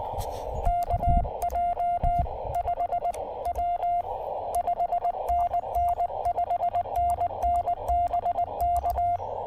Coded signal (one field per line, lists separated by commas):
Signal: Morse code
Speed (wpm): 19 wpm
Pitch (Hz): 690 Hz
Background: radio noise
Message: KJ5W 5NN 5NN BK